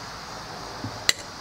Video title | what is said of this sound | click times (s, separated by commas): The BEST way to Torque Your Trailer Lug Nuts! | go until your wrench clicks now come up | 1.1 s